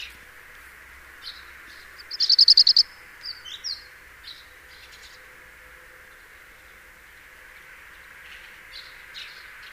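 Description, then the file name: House sparrow chatter: one loud, fast rattling series of high notes lasting under a second, followed by a few short chirps, then quiet background. "Passer domesticus"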